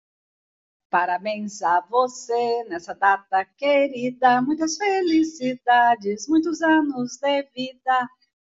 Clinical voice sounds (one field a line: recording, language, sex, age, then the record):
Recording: short text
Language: Brazilian Portuguese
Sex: female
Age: 50 to 59 years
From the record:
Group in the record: control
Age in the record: 53 years